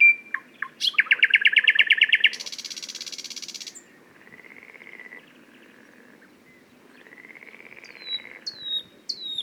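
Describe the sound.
Thrush nightingale singing a loud rattling trill that turns into a harsh buzz, then soft, low whistled notes and a few thin descending slurs.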